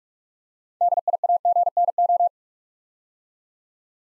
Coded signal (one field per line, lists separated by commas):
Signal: Morse code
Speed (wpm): 44 wpm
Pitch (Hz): 700 Hz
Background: none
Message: DIAGNO